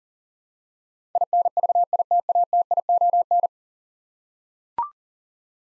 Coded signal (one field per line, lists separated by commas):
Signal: Morse code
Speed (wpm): 41 wpm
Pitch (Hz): 700 Hz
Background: none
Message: INVITATION